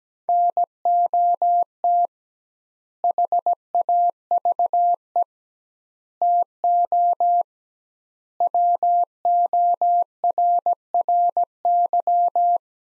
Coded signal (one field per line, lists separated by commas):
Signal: Morse code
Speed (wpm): 17 wpm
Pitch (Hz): 700 Hz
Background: none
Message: NOT HAVE TO WORRY